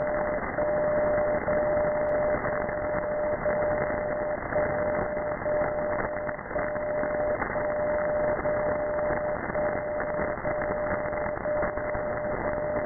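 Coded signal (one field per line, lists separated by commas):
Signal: radio time signal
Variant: DCF77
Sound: steady low beep tone with short gaps once a second, under hiss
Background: radio static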